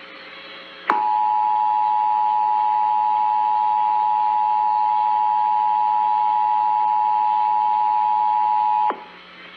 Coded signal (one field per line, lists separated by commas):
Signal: Emergency Alert System (SAME) tones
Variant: 853 and 960 Hz attention tone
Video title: South Dakota mocks Tennessee... EAS Alerts from 9/2/2020-9/30/2020 (EAS #383-391)